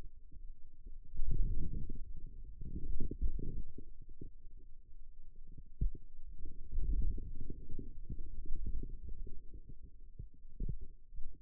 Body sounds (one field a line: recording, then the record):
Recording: forearm muscle sounds (acoustic myography)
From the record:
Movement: wrist extension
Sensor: system 2, bracelet of six BSWA MPA416 microphones around the upper forearm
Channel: 6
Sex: male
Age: 22 years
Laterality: right